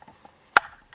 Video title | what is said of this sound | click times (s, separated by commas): Make Your Jeeps Reliable - Oil Change Correctly 2018 -2026 | And then you just pop in your new filter until it clicks. | 0.6 s